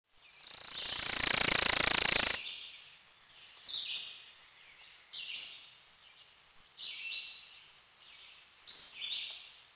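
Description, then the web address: Worm-eating warbler giving a loud, high, dry insect-like trill for about two seconds, followed by four short soft chip notes spaced over the rest. "Peterson North American Birds"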